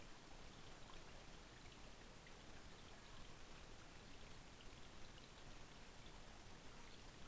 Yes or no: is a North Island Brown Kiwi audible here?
no